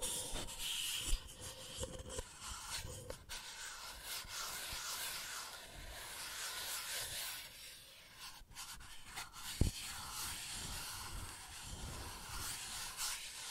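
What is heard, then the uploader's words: Sensitive ASMR tracing: a continuous soft, hissy scratching and rubbing that fills the upper range and swells and fades gently throughout. A few sharp taps or bumps break through, near the start, around three seconds, and a strong one near ten seconds. ASMR Sensitive Tracing (No Talking).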